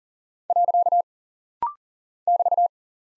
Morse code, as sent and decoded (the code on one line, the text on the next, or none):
.-.-.- / -...-
. <BT>